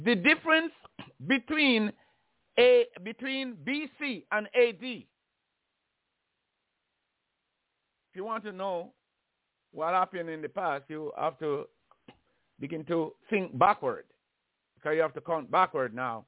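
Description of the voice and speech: An adult man talks in short bursts broken by long silent pauses, one about three seconds, with a repeated whole word and several drawn-out sounds. These are stuttering disfluencies: repetitions, prolongations and hesitant breaks in the flow of speech.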